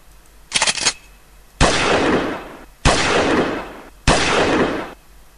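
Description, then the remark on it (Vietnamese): Gunfire by a quiet river: a quick rattling burst of rapid shots, then three loud, evenly spaced blasts, each with a long rumbling tail that slowly fades. No voices. “Tràn tiếng súng nổ phá tan cảnh yên lặng.”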